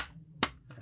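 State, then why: Seated. A clear plastic Pinlock anti-fog insert (DKS301) is pushed onto the locating pin of a Neotec 2 motorcycle helmet visor (CW-1, CNS-1, CWR-1, CNS-3), with the visor flexed slightly to fit the second side. A single sharp, bright click is heard at 0.4 s against a quiet background. The insert snaps in and is seated on the pin.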